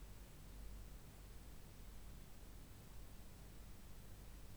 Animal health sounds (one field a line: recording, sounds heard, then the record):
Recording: poultry house recording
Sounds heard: no chicken sound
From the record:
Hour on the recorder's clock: 23